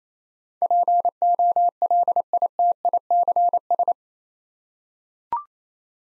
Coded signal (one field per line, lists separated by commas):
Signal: Morse code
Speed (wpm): 27 wpm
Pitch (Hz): 700 Hz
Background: none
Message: POLITICS